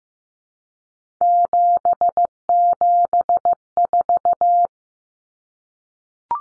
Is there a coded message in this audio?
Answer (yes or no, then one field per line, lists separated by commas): yes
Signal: Morse code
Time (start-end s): 1.2-4.7 s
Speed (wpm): 15 wpm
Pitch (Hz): 700 Hz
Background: none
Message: 774